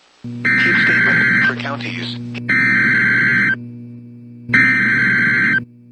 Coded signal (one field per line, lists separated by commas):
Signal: Emergency Alert System (SAME) tones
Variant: header bursts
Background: speech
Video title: EAS Dust advisory in Senica falls